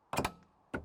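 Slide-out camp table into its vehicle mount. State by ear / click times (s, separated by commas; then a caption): seated / 0.7 s. A slide-out camp table is pushed into its vehicle mount on a Land Rover Defender TD5 overland rig, making two sharp knocking thuds around 0.1–0.3 s and a faint tick near 0.4 s. It latches with a crisp snap at 0.8 s and seats firmly in place with not much rattle.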